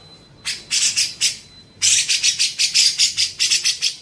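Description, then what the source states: Grey-cheeked bulbul song: a few rasping notes, a brief pause, then a fast run of harsh buzzy chatters; a faint steady tone sits behind. Training song (masteran) for songbirds.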